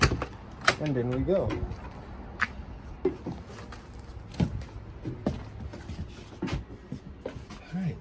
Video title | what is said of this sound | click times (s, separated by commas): 2018 R.Pod 179 walk through | up on your handle 90 degrees locks in place and | 0.0 s, 0.7 s